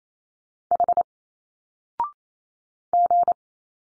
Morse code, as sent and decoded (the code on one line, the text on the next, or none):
.... / --.
H G